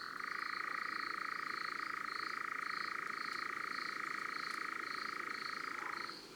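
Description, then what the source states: European nightjar churr, an unbroken dry reeling trill held for about six seconds before stopping abruptly, with regular pulses sounding above it. Recorded in June.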